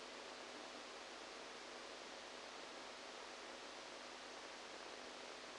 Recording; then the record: brain microelectrode recording played as sound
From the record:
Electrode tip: outside the subthalamic nucleus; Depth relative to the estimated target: -10 mm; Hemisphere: right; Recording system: NeuroSet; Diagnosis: Parkinson's disease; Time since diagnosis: 14 years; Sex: male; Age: 51 years